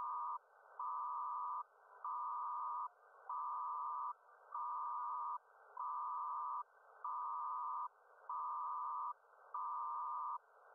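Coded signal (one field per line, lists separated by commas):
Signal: HF data modem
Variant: PACTOR-II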